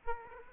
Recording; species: mosquito wingbeat signal from an infrared sensor; Aedes aegypti